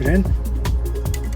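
A crimped terminal on a black wire is being handled at a plastic battery plug housing, ready to be pushed in, while someone talks over background music. Two short sharp transients occur at about 0.7 s and 1.1 s. Nothing has seated or clicked yet.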